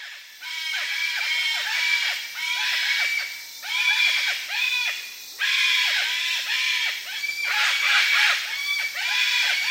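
Sulphur-crested cockatoo flock calling, loud clusters of overlapping ringing, arched calls rising and falling in surges, briefly quieter between bursts.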